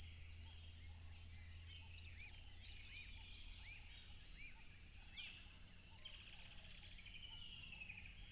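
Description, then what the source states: Crickets keep up a steady, shrill, continuous chorus as birds call repeatedly with looping whistles underneath. Loud crickets recorded at a tropical river.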